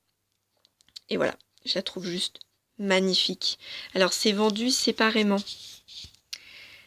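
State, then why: Seated. Someone talks while fitting a plastic section of a modular One Piece manga figurine set, where each character is sold separately, onto the other figures of an interlocking multi-figure display. A single sharp tick at 6.3 s marks the section clicking into place, and the piece is seated.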